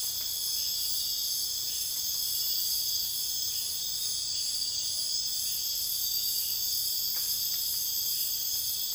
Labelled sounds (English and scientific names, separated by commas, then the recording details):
none
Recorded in dense forest near Puerto Asís, Putumayo, Colombia, on 26 December 2024 at 02:30
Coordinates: 0.484, -76.325
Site G056